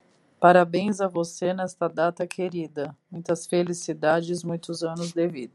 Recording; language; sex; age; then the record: short text; Brazilian Portuguese; female; 40 to 49 years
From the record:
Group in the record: control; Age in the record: 44 years